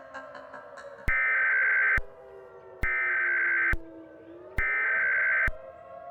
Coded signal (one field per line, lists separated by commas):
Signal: Emergency Alert System (SAME) tones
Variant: header bursts